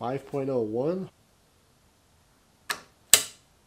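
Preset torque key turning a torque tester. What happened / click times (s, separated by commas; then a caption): The preset torque key's clutch clicked over at its set torque / 3.1 s. Someone talks briefly, then a preset torque key turns a torque tester on its third run, with a softer sound near 2.7 s before one sharp clutch click at 3.1 s. The key clicks at its setting, reads 5.08 Nm, and is judged accurate.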